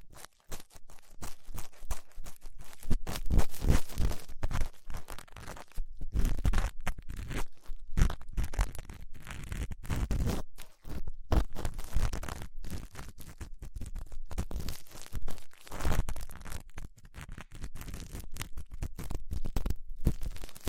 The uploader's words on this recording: ASMR 3Dio Ear Cleaning Latex Gloves, Dental Pick, Cotton Swabs (No Talking).